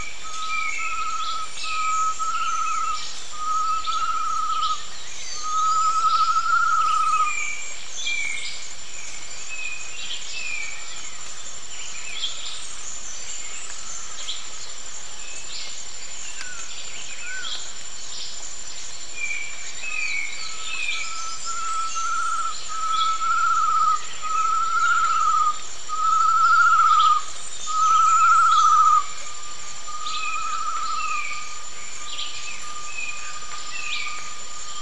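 Wet jungle ambience with birds calling over a steady, high insect drone. A series of rising, swelling calls repeats roughly every second or two from the start to about seven seconds, then again from twenty to thirty seconds. Scattered chirps and whistles fill the gaps.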